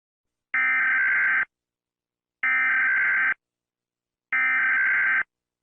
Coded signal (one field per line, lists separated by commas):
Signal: Emergency Alert System (SAME) tones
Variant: header bursts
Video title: Rating EAS Alarms from various countries!